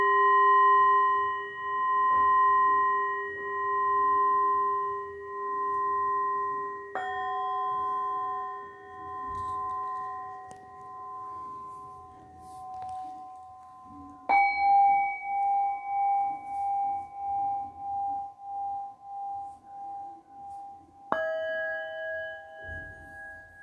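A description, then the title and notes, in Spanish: Singing bowls are struck one at a time, with new strikes at about 0, 7, 14 and 21 seconds. Each tone rings steadily and fades slowly, pulsing in a gentle wavering beat as it decays. Overlapping bowls blend, over a faint low rumble. Toque de cuencos.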